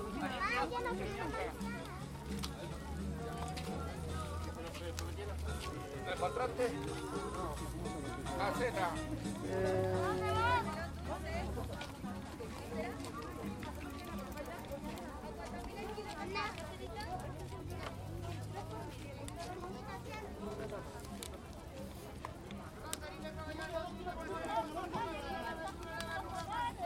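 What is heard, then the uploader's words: A crowded food market in Calama, Chile, with sellers calling and chatting with clients nonstop, voices overlapping amid a steady low rumble. Chilean food market walkthrough. Interactions of the local rotatory food market in Calama, Chile. You can hear the sellers offering their's differents products and the interaction with clients, as I walked thourght the market. Recorded by Diego Villalobos S.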